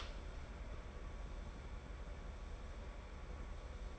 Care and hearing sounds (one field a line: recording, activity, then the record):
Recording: daily activity, microphone in the room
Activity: open door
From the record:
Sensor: 5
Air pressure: 1015.3 hPa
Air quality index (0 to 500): 215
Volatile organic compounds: 12 ppm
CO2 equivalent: 2332 ppm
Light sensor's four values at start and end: 35/80/32/31 and 35/80/32/31